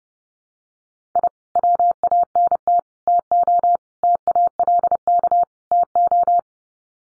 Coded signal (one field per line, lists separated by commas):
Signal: Morse code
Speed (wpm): 30 wpm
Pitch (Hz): 700 Hz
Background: none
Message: I WANT TO TALK TO